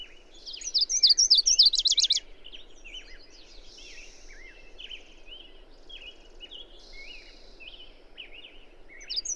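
Bird song: one loud, high trilled phrase at the start, then many softer scattered chirps and twitters.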